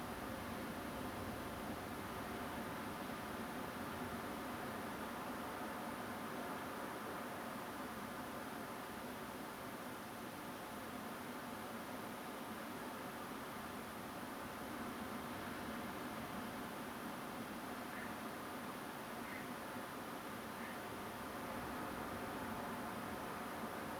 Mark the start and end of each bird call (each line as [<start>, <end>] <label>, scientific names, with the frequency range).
[17.93, 18.07] Anas platyrhynchos (1.3-2.2 kHz)
[19.25, 19.44] Anas platyrhynchos (1.5-2.3 kHz)
[20.61, 20.75] Anas platyrhynchos (1.6-2.3 kHz)